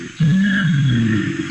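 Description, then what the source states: Mountain gorilla giving a low, wavering hummed tone lasting over a second. Wild mountain gorillas in Uganda, in their natural habitat, singing while they eat; recorded by a spy robot gorilla; described as the first recording of this among wild mountain gorillas.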